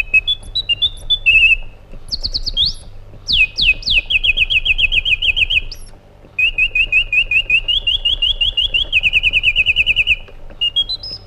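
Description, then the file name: White-eared bulbul song: quick runs of bright whistled notes, then long steady trills of repeated notes, over a faint low hum. "suara burung bulbul irak omkicau"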